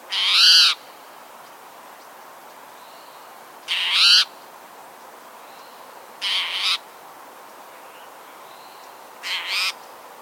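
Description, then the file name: Spotted towhee with four raspy, mewing calls spaced about three seconds apart, the last two softer than the first pair. "Pipilo maculatus - Spotted Towhee"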